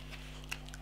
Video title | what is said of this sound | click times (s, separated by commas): 4K Nintendo Switch Unboxing Video | and this just simply clicks into place. | 0.5 s